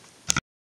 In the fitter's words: it down it should snap into place just like that